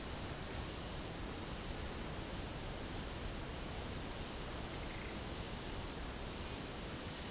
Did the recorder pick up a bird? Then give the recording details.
no. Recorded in dense forest near Puerto Asís, Putumayo, Colombia, on 18 February 2024 at 11:30. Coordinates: 0.486, -76.316. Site G6437